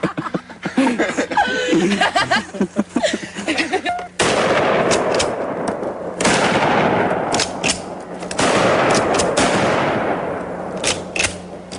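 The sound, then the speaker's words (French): Pump-action shotguns, fired by friends playing with them in a forest, boom out one after another, roughly two seconds apart, each loud and crackling with a long noisy tail, after an opening stretch of rapid clatter and brief laughter. “les deux copains jouent avec d'autres camarades avec des fusils à pompe, oui, des fusils à pompe, dans une forêt.”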